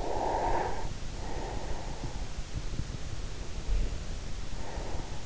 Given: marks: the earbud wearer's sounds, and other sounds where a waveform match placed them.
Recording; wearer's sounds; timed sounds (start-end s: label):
sounds in sleep by an in-ear microphone; breath
0.00-2.60 s: breath
3.64-5.07 s: breath